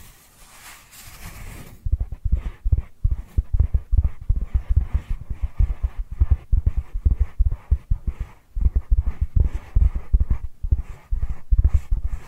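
Dry hands rub and pat together in quick, uneven strokes, each a soft, low, muffled thump with a faint papery rasp. A brief hiss of gentler rubbing opens the first two seconds, then dense, irregular patting continues to the end with short pauses.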